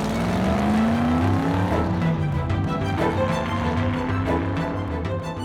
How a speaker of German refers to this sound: Geil, ein Ferrari! Die Pommes-Soko steigt in Fritz Ferraros roten Ferrari und fährt los.